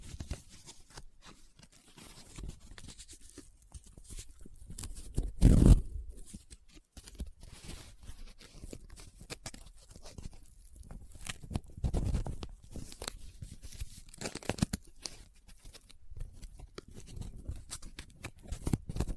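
Paper being handled up close, with soft rubbing, scratching and crinkling that come in irregular bursts throughout. A sharper, louder crackle stands out around five seconds, and further crisp rustles follow near twelve and fourteen seconds, between stretches of quieter shuffling.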